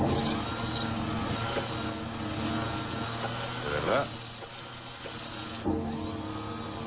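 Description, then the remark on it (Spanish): A power drill whirs steadily as it bores through something, a continuous droning motor hum with a couple of brief surges, while a voice talks over it. “Está siendo ahora mismo, ha sido taladrado.”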